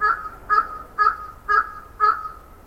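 Crow calls: five short, hoarse caws on an even pitch, spaced about half a second apart.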